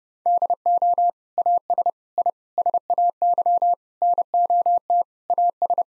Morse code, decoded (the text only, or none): DO AS I SAY NOT AS